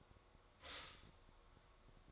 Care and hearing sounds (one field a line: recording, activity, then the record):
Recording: daily activity, microphone in the room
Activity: stop toaster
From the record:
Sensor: 3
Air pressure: 1004.1 hPa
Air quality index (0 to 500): 201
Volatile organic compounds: 15 ppm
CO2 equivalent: 2514 ppm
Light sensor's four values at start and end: 4/11/4/4 and 4/11/4/4